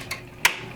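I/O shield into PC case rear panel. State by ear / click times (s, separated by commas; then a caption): seated / 0.5 s. A part, most likely the motherboard I/O shield, is pressed into the rear panel opening of a PC case during a 2020 AMD Ryzen 7 3800X and RX 5700XT build, just before the motherboard goes in. A faint tick at 0.1 seconds is followed by a sharp, bright click at 0.5 seconds as the shield snaps into place, and it is seated.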